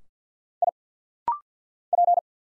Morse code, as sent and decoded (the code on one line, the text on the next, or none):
.. / .--.
I P